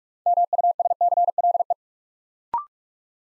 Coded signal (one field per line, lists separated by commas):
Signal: Morse code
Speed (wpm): 46 wpm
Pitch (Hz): 700 Hz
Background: none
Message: MUSCLE